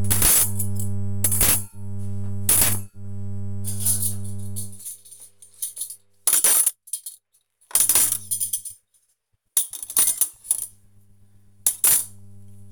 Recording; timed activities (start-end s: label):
household activities, microphone on the right wrist
0.00-12.72 s: putting away the dishes